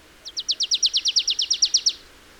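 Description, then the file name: Marsh tit calling a rapid, even series of around fifteen sharp, high downslurred notes, steady and evenly spaced, over faint hiss. "Poecile palustris"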